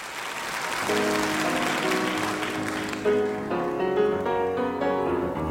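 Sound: concert audience applauding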